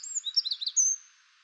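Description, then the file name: Eurasian wren song fragment: a handful of quick high twittering notes ending in a long thin whistle, then quiet. "Troglodytes troglodytes"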